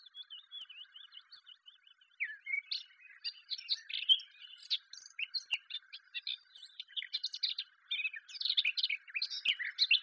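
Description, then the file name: Eurasian blackcap song: a soft thin phrase, then a lively, jumbled warble of whistles and chatter over a steady background hum. "Sylvia atricapilla"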